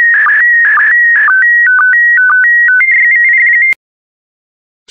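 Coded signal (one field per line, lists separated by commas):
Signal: SSTV (slow-scan television)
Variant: PD120 mode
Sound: warbling steady tones stepping between pitches, with short low blips twice a second, then silence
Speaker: complete. You can now check your decoded image against the picture that is shown on the video.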